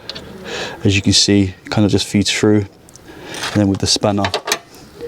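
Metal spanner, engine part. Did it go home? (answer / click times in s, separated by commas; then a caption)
no / none. Someone talks while working on the auxiliary belt tensioner in the engine accessory drive of a Golf Mk4 TDI wagon, feeding a small pin through to hold it and bringing a 60 mm spanner to pull the tensioner back so it locks in place and takes the tension off the belt. Brief sharp sounds come at about 0.1 s and 4.5 s amid the talk and faint mechanical handling noise. Nothing has seated or clicked yet; the tensioner is not yet locked home.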